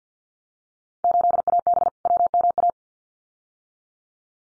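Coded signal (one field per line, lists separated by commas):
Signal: Morse code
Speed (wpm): 50 wpm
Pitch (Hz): 700 Hz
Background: none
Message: 8AB WMA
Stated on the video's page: Morse head-copy drill of randomly selected Field Day exchanges at 50 wpm.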